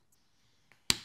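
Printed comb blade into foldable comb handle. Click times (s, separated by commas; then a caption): 0.9 s. A 3D-printed plastic comb blade, printed flat, is pressed into its foldable comb handle frame so the comb can fold up. After a faint tick at 0.7 s, a sharp snap at 0.9 s shows the blade seating firmly into the handle, followed by a small tap near 1.1 s.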